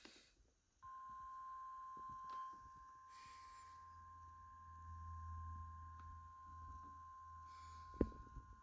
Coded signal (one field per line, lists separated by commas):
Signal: Emergency Alert System (SAME) tones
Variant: 1050 Hz attention tone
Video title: Required EEEEEE On WZ2560! (EAS #106)